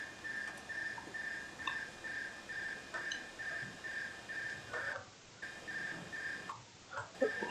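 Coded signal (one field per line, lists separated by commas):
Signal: RTTY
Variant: SITOR-A ARQ mode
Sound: chirpy bursts of warbling two-tone data, each followed by a brief pause, repeating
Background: radio static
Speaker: que no es una transmisión continua a ver hay fijados creo que está haciendo es mandando un una trama y luego deja un espacio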